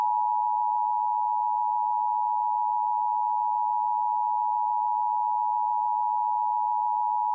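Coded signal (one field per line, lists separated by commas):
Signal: Emergency Alert System (SAME) tones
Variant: 853 and 960 Hz attention tone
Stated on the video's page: Comcast cable Required Monthly Test, personally recorded.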